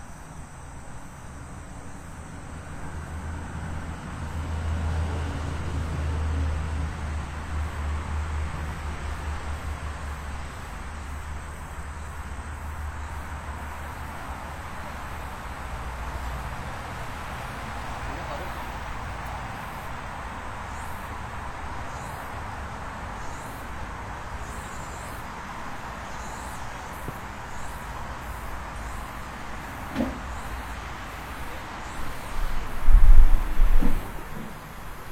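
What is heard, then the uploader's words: A walk outdoors at midday under cloud, with a steady low outdoor rumble and faint voices or traffic throughout. From about halfway, thin high chirps of insects or birds flicker in the background, and a few bumps and knocks land near the end. 27℃ 多云天的午间散步. Noon Break Walking On A Cloudy Day.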